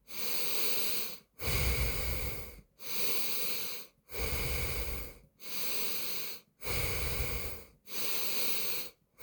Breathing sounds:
nose breathing near a microphone
0.00-1.09 s: inhalation
1.09-2.44 s: exhalation
2.44-3.89 s: inhalation
3.89-5.14 s: exhalation
5.14-6.34 s: inhalation
6.34-7.64 s: exhalation
7.64-8.89 s: inhalation
8.89-9.23 s: exhalation
From the record:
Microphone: phone

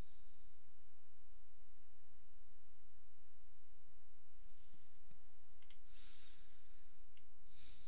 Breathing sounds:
nose breathing near a microphone
0.00-0.63 s: exhalation
5.63-7.03 s: inhalation
7.03-7.87 s: exhalation
From the record:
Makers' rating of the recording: medium

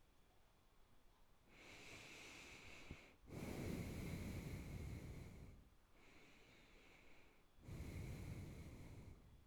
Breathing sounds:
nose breathing near a microphone
1.48-3.20 s: inhalation
3.20-5.84 s: exhalation
5.84-7.61 s: inhalation
7.61-9.42 s: exhalation
From the record:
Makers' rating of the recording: good

